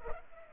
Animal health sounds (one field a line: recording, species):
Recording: mosquito wingbeat signal from an infrared sensor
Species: Culex pipiens